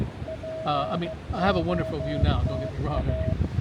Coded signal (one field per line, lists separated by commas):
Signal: Morse code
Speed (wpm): 15 wpm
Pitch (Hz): 640 Hz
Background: speech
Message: POTA